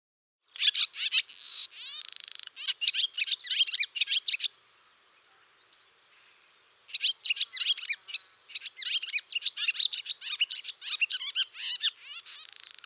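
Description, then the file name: Barn swallow song: a bright twittering burst with a grating rattle, a brief pause of quiet, then another long run of rapid chirps and warbles. "dymowka"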